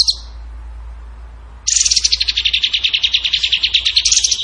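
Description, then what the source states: Bird song: after a brief note and a quiet pause, a rapid, high, buzzy trill of evenly pulsed notes runs steadily for nearly three seconds. Masteran training recording of a bird singing in the gacor tembakan style.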